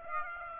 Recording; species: mosquito wingbeat signal from an infrared sensor; Aedes aegypti